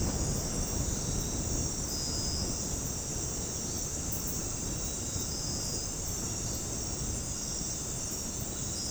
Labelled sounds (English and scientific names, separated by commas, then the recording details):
none
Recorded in dense forest near Puerto Asís, Putumayo, Colombia, on 21 February 2024 at 00:00
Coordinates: 0.486, -76.316
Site G6437